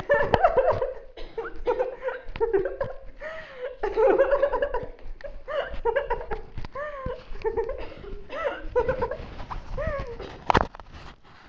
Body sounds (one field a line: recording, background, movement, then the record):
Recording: laughter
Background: a bystander coughing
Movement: sitting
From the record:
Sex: female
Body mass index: 18.8 kg/m2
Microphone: on the chest, facing outward